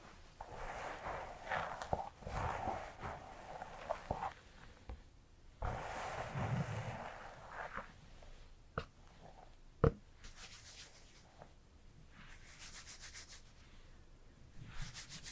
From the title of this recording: Hairplay Brushing, Scalp Massage, Haircut